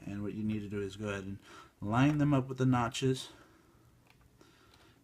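Someone talks while a RAM module is lined up with the notches of the memory slot in an Inspiron 1545 laptop. After the talking stops, a few faint ticks from handling are heard near 4.1, 4.4 and 4.7 seconds. The module has not seated or clicked yet.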